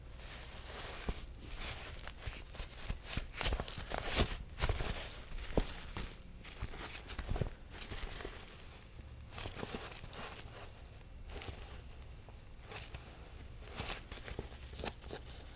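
Gloved hands handle and examine objects, producing irregular rustles, taps and crackles in frequent bursts over a low steady rumble.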